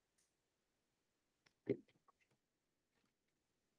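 A plastic stick is pushed into its slot in a plastic toy game frame, giving two short clicks at 1.5 and 1.7 seconds. The stick snaps into place but goes in a little too far.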